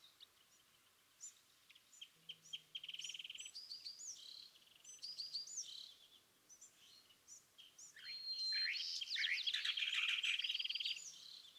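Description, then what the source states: California thrasher song: varied chirped and buzzy phrases, some repeated, ending in a long loud harsh burst of rapid notes. Dawn song excerpted from a longer session on day 1, repeating a theme of notes chosen that morning; March 9, 2017, Montaña de Oro State Park, Los Osos, California.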